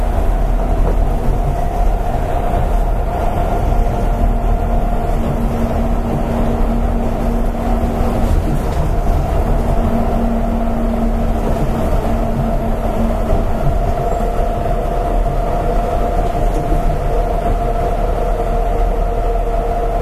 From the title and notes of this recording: アストラムライン 6000系 広域公園前から本通まで. It is the running sound of the Astram Line 6000 train in Hiroshima City. The section is from Koiki-koen-mae to Hondori.